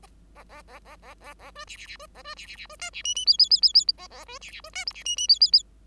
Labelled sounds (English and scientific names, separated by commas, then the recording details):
Bengalese Finch (Lonchura striata domestica) song
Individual Bird5